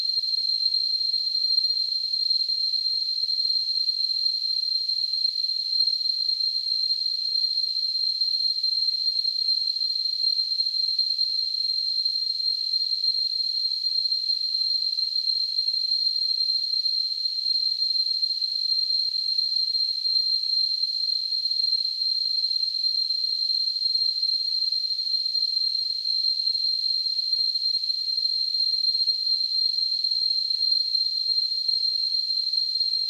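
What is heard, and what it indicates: A steady, unchanging high-pitched hiss, a narrow band of noise around 4 kHz, holds at the same level for about 33 seconds with nothing else heard. It is a simulated tinnitus sound, imitating the constant ringing or hissing a person with tinnitus perceives.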